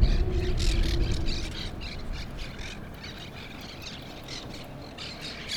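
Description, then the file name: Monk parakeet chatter, rapid harsh squawks repeated several times a second, over a low rumble of background noise. Brooklyn. "brooklyn parrots"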